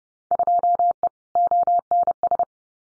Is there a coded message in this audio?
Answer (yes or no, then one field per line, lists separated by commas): yes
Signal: Morse code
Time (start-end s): 0.3-2.4 s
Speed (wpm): 30 wpm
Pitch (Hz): 700 Hz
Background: none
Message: 2E ONS